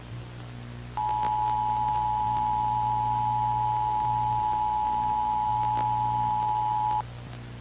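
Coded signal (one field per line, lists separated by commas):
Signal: Emergency Alert System (SAME) tones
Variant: 853 and 960 Hz attention tone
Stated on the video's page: Edited UK EAS alarm, remastered.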